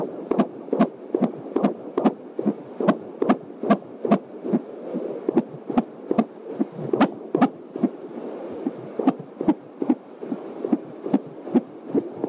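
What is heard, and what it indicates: Fetal heartbeat of a baby girl at about 21 weeks of pregnancy, heard through a home Doppler fetal heart monitor placed just past the mother's pubic line, played through an external speaker. Rapid, fairly regular whooshing beats at about 146 per minute, within the healthy range of 120 to 150.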